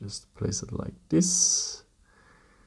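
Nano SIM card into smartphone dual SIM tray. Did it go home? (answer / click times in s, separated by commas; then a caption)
no / none. A second nano SIM card is placed on the other side of a dual SIM tray for a Samsung Galaxy A15 5G smartphone while someone talks. A brief hiss and faint handling noise follow, and the card has not clicked into the tray yet.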